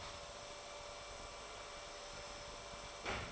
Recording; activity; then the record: daily activity, microphone in the room; vacuum cleaning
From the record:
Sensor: 5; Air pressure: 1007.8 hPa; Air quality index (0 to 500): 95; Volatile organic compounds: 1 ppm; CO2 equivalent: 748 ppm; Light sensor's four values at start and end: 37/86/35/35 and 36/85/35/35